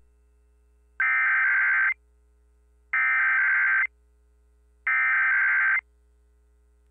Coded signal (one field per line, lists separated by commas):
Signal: Emergency Alert System (SAME) tones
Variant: header bursts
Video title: (EAS #173) | KSDP-AM Required Weekly Test | 10/25/2024